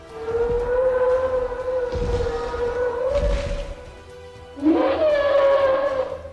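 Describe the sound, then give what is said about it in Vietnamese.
A monstrous roar from a plant creature, directed at a wine gourd in the sky, sustained and droning with a siren-like wail over deep rumbling thuds, swelling sharply louder and rising in pitch toward the end. “Bấy giờ trong tiếng cười dài, theo đan dược bị thực vật cắn nuốt, trong tiếng gầm giận dữ cùng với sát ý cuồng bạo của Lục Gia, thực vật này bỗng nhiên hướng về phía hồ lô rượu trên bầu trời phát ra một thanh gầm.”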